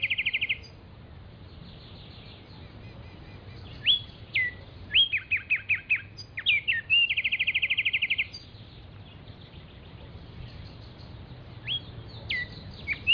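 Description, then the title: Black-striped sparrow singing bright whistled phrases with rapid trilled series and sharp slurred notes, separated by long quiet gaps. Nominate subspecies Arremonops conirostris conirostris. "LuckyPassaro Completos2Sama. Black-striped Sparrow"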